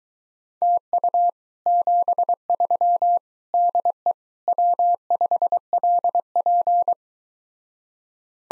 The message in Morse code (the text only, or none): TU 73 DE W5LP